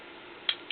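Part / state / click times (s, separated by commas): hammer in shotgun trigger assembly / seated / 0.5 s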